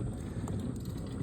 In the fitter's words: hear that little pop